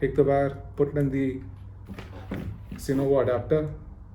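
Someone talks while handling an Audio Technica lavalier microphone's TRS wire plug, bringing it to the audio adapter on a DJI Osmo Action camera mounted on a modular helmet. Faint handling ticks are heard around 2.0 and 2.3 seconds. Nothing has seated or clicked yet.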